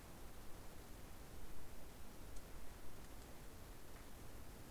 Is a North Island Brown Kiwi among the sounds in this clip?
no